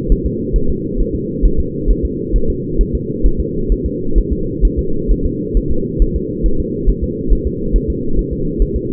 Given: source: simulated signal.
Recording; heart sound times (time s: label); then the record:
fetal heart sounds
0.12 s: S1
0.26 s: S2
0.56 s: S1
0.70 s: S2
1.00 s: S1
1.15 s: S2
1.45 s: S1
1.60 s: S2
1.91 s: S1
2.05 s: S2
2.36 s: S1
2.50 s: S2
2.81 s: S1
2.95 s: S2
3.26 s: S1
3.40 s: S2
3.72 s: S1
3.86 s: S2
4.18 s: S1
4.33 s: S2
4.65 s: S1
4.79 s: S2
5.11 s: S1
5.26 s: S2
5.57 s: S1
5.71 s: S2
6.02 s: S1
6.16 s: S2
6.46 s: S1
6.60 s: S2
6.89 s: S1
7.04 s: S2
7.33 s: S1
7.47 s: S2
7.76 s: S1
7.90 s: S2
8.19 s: S1
8.33 s: S2
8.62 s: S1
8.76 s: S2
From the record:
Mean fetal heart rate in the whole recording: 135 bpm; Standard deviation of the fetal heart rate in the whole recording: 3 bpm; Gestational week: 36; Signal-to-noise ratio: -8.1 dB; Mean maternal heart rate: 72 bpm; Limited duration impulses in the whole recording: absent